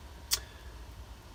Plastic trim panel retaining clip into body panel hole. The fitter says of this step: it all the way in it'll snap in the clip will snap into the hole there and